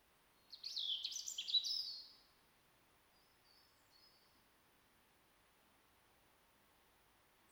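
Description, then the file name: European robin song: a dense, liquid, warbling burst of high notes, then several seconds of near silence with two faint thin whistles. "Erithacus rubecula"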